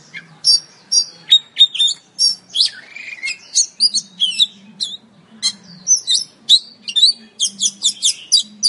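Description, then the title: Oriental magpie-robin song of rapid high chirps and whistled slurs in quick bursts, with a brief descending whistle midway; a faint low hum runs beneath. "Kacer"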